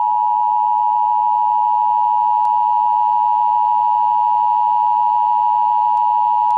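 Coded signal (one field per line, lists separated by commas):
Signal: Emergency Alert System (SAME) tones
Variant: 853 and 960 Hz attention tone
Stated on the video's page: Fictional mini scenario EAS alert, not a real broadcast.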